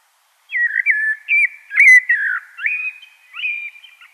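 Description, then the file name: Common blackbird giving a long, leisurely fluted warble of looping whistled notes, with a brief thin high squeak in the middle and a softer trailing end. "Turdus merula"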